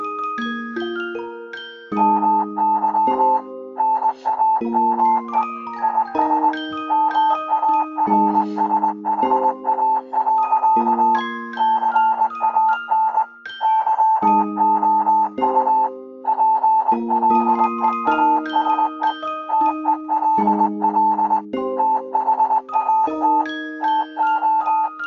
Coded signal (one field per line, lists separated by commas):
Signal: Morse code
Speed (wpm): 20 wpm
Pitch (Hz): 880 Hz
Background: music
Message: MY NAME IS MARSHA. CAN YOU PLEASE TELL THAT TO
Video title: The girl who speaks morse code (GLMM)